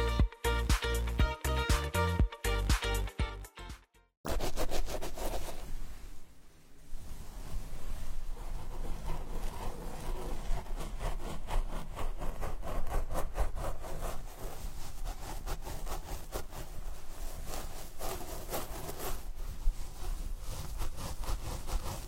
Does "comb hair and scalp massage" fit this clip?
yes